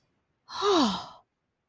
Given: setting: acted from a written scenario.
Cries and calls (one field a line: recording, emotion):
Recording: vocal sound without words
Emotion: relief